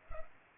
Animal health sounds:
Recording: mosquito wingbeat signal from an infrared sensor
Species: Culex pipiens

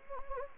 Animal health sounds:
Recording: mosquito wingbeat signal from an infrared sensor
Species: Anopheles gambiae

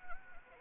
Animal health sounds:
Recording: mosquito wingbeat signal from an infrared sensor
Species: Anopheles arabiensis

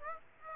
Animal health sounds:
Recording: mosquito wingbeat signal from an infrared sensor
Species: Aedes aegypti

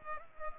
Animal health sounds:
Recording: mosquito wingbeat signal from an infrared sensor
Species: Culex pipiens

